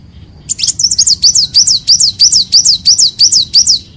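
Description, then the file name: Leafbird song: a steady series of many high, sharp whistled notes, evenly spaced about three per second. "Tieng chim xanh tim"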